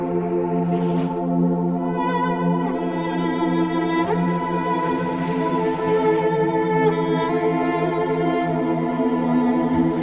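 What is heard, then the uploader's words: Relaxing music of sustained, layered tones holds a steady, even level throughout, with brief soft swishes near one, four and ten seconds. Relaxing Music with Ocean Waves.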